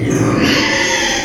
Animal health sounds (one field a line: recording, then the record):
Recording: squeal of a Yucatan mini pig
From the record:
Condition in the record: before surgery on the right vocal fold (resection and tissue-engineered implant)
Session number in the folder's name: 2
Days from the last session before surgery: 0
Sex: male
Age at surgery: 12 weeks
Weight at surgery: 13 kg